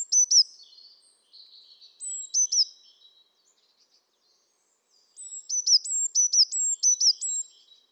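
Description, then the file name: Eurasian blue tit giving high, thin notes: a brief phrase, then a pair of phrases, then a steady run of high note and two falling notes repeated about twice a second. "Cyanistes caeruleus"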